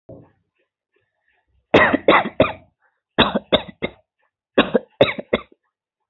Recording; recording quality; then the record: shallow voluntary cough; excellent, no background noise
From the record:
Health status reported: healthy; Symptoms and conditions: none ticked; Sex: female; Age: 29 years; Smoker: not ticked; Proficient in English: yes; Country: India